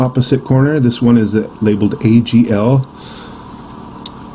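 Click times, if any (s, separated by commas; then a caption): 4.1 s. Someone talks while a plastic corner wall panel labeled AGL for a Lifetime 20' x 8' outdoor storage shed (model 60127) is set onto the shed's plastic floor base. The panel is pushed down so its bottom plugs engage. After the talking stops there is a quiet stretch, then a single sharp hit at 4.1 s as the panel plugs into the floor and seats.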